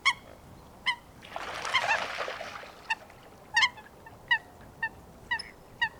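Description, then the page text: Eurasian coot giving a series of short, clipped notes at irregular intervals, with a brief burst of splashing water early on. "Foulque macroule Fulica atra. Foulque macroule - Audrey Beauduc. Ecouter la Foulque macroule"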